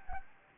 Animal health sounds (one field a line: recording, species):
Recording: mosquito wingbeat signal from an infrared sensor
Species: Anopheles gambiae